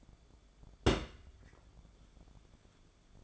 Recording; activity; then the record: daily activity, microphone in the room; place on stove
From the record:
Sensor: 5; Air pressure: 1010.5 hPa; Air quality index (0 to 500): 113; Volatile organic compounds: 2 ppm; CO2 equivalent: 1115 ppm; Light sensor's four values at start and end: 628/1564/656/772 and 567/1440/598/695